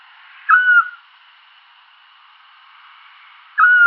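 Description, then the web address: Eurasian scops owl whistling two brief, pure notes about three seconds apart, with quiet background between them. "otus scops call"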